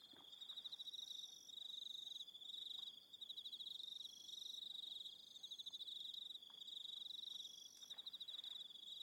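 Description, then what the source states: Cricket chorus of fast, continuous pulsed chirps with short breaks. Cricket soundscape.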